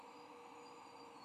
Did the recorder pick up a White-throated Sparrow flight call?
no